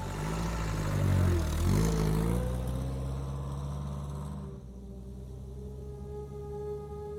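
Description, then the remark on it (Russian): A large American taxi's engine revs up as it pulls away right after Berlok gets in. Its low rumble rises in pitch over the first two seconds before settling into a steady, droning hum. No voices. “Берлок сел в машину, и она сразу же тронулась.”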